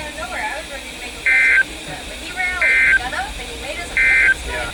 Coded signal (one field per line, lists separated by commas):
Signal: Emergency Alert System (SAME) tones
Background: speech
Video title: SVR And FFW (EAS#354-355)